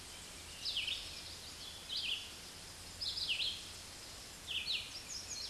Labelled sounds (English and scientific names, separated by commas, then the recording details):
Red-eyed Vireo (Vireo olivaceus) song
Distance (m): 30 m
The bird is about 20 m above the microphone
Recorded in a Pennsylvania forest on 16 May 2024 at 06:40
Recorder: AudioMoth, point MSD-2201
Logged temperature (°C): 15.5 °C
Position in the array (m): 169 m, 75 m